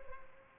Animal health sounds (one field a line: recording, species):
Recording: mosquito wingbeat signal from an infrared sensor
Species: Culex pipiens